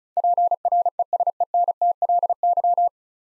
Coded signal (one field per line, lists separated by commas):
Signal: Morse code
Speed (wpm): 36 wpm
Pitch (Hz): 700 Hz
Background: none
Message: PRESENTLY